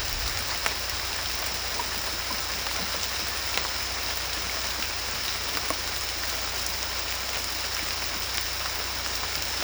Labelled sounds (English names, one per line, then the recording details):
none
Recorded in dense forest near Puerto Asís, Putumayo, Colombia, on 22 December 2024 at 18:00
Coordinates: 0.485, -76.318
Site GP03